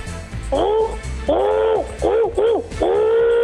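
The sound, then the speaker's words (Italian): A person imitates an owl's hoot with five breathy, wavering calls: two drawn-out hoots, a quick pair, then a final long one, loud over a steady low background rumble. “mi fa il verso del gufo.”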